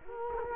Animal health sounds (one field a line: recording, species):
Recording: mosquito wingbeat signal from an infrared sensor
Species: Culex quinquefasciatus